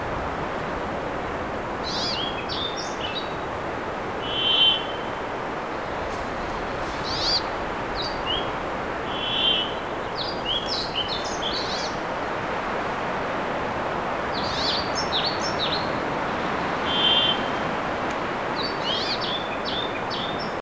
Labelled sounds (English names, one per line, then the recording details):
Brambling
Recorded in the wild
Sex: male
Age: adult
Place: Halbinsel Kindo, Karelien, RU
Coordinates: 66.5525, 33.1033
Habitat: taiga
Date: 1996-06-10
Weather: fair, ca. 10°C, moderate winds
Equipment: Sony TCD-D3, Sennheiser MKH 70, Windkorb
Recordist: Frommolt, Karl-Heinz